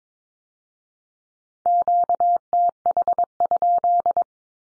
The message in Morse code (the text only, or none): QTH?